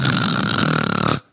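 One loud, rough, rattling snore lasting about a second, a woman's vocal imitation of her husband's heavy snoring, which he keeps up despite wearing an anti-snoring mouth guard to bed and which is loud enough that she wears earplugs.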